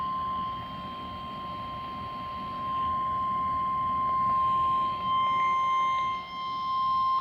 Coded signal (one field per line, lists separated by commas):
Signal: Emergency Alert System (SAME) tones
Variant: 1050 Hz attention tone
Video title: Required Weekly Tests 5/13/2026 EAS#49